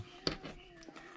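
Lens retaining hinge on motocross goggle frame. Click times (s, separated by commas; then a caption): 0.3 s. The lens-retaining hinge on a 100% Armega motocross goggle frame is held with a finger on each side and pulled hard until it snaps open with one sharp click at 0.3 s. Fainter, softer sounds follow as it is rotated back. The hinge is unlocked and released.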